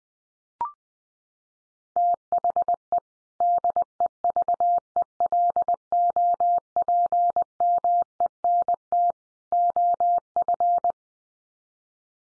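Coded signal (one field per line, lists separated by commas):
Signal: Morse code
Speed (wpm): 20 wpm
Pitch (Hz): 700 Hz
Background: none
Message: THE DEVELOPMENT OF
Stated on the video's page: Head-copy drill of common three-word groups at 20 wpm, each sent in Morse, spoken, then sent again.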